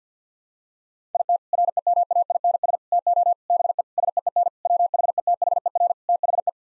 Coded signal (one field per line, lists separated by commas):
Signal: Morse code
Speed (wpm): 50 wpm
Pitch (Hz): 700 Hz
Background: none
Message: IT REMAINS TO BE SEEN WHETHER THE